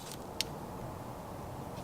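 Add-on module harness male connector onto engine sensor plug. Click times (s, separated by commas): 0.4 s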